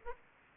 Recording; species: mosquito wingbeat signal from an infrared sensor; Aedes aegypti